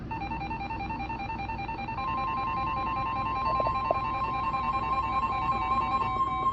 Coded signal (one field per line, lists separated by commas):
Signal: none